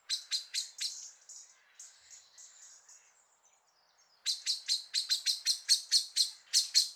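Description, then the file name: Common blackbird calling with a quick series of sharp, clicking chinks, a pause with softer thin notes, then a longer, faster run of loud repeated clicks. "Turdus merula"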